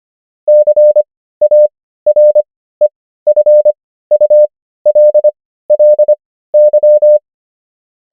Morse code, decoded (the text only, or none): CAREFULLY